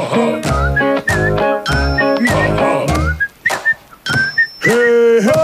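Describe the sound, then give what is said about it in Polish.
A short radio intro jingle on Polish Radio Trójka (Program Trzeci Polskiego Radia): a loud, bright musical phrase of rhythmic chiming pulses with high, whistle-like melodic notes gliding on top, ending on a sustained chord. No one speaks. “Ten sygnał oznacza, że w studiu Trójki już oczywiście Sylwia Zadrożna.”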